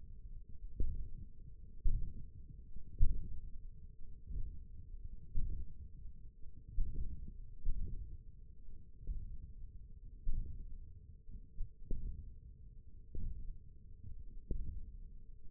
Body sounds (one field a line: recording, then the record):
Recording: forearm muscle sounds (acoustic myography)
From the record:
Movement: wrist flexion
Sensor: system 1, eight BSWA MPA416 microphones around the upper forearm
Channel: 2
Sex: male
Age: 20 years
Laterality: left